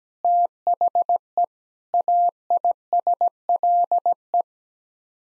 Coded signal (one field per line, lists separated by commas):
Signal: Morse code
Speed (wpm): 17 wpm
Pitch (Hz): 700 Hz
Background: none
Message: THE AISLE